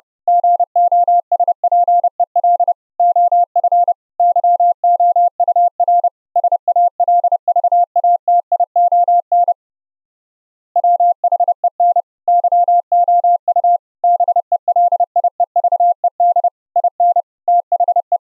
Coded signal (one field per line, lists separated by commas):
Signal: Morse code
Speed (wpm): 31 wpm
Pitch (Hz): 700 Hz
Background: none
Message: GOSPEL OF YOUR SALVATION WHEN YOU BELIEVED IN THE